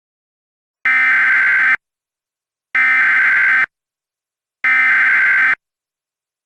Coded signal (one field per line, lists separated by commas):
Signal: Emergency Alert System (SAME) tones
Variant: header bursts